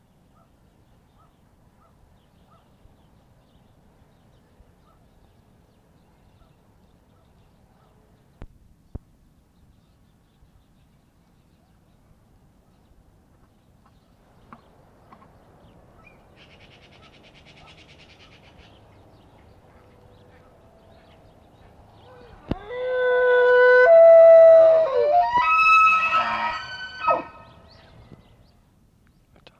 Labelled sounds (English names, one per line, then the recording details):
Wapiti rut call
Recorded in captivity
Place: Tierpark Berlin, Berlin, DE
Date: 1965-10-09 14:00
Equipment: Telefunken Magnetophon 300, Sennheiser MD 421, Transistorverstärker 2
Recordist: Tembrock, Günter